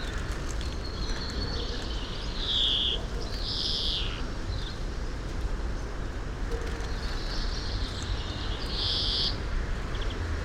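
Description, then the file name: European greenfinch giving several drawn-out buzzy wheezes, with a steady low rumble of background noise throughout. "Chloris chloris"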